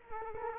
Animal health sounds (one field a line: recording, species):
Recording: mosquito wingbeat signal from an infrared sensor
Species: Culex quinquefasciatus